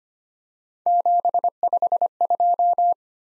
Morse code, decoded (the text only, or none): 752